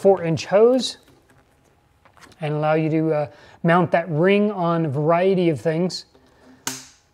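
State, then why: Seated. A magnetic dust-hose adapter ring is pressed onto its mating plastic adapter on a 4-inch dust hose while someone talks. The ring snaps into place with one sharp click at 6.7 s and is seated.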